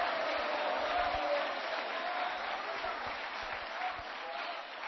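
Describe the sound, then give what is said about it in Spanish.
A church audience claps in praise of God during a sermon, steadily in dense, sustained applause, many hands overlapping into a continuous wash of sound that holds at an even level throughout. “Si le da palmas, alabe a Dios. Dele palmas y alabanzas.”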